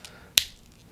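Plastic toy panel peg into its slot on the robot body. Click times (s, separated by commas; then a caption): 0.4 s. A plastic toy panel peg on a Transformers Legacy Override (Cybertron Universe) Velocitron Speedia 500 Collection transforming toy car is pushed into its slot on the robot body. One sharp, loud snap is heard at 0.4 s, after a faint tap near the start. The part seats and locks into place.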